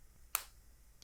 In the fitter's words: let's hope we get another satisfying click